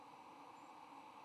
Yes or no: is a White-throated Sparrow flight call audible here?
yes